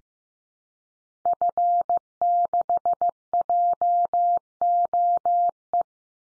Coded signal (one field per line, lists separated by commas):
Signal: Morse code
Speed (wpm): 15 wpm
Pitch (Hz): 700 Hz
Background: none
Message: F6JOE